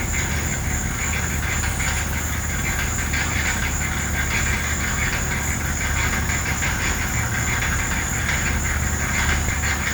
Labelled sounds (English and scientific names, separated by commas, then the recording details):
none
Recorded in pastures near Puerto Asís, Putumayo, Colombia, on 20 December 2024 at 16:30
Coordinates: 0.466, -76.322
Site G040